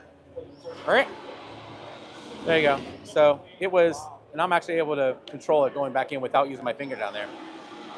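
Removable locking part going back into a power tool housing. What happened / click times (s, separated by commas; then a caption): Handled, not yet home: a locking part is guided back in with no seating click / none. A removable locking part is guided back into a new power tool's housing one-handed, after being pulled out by pressing down its lock, which moves smoothly without snapping hard. Someone talks throughout. Nothing has seated or clicked yet.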